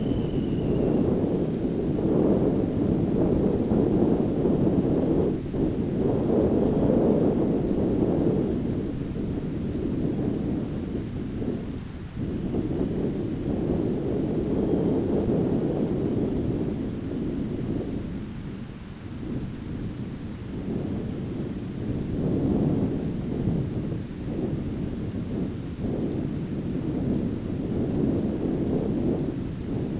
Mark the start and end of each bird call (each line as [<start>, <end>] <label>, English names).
[0.00, 1.69] Dunlin
[6.42, 7.00] Dunlin
[12.29, 13.65] Dunlin
[14.39, 15.06] Dunlin
[15.44, 16.55] Dunlin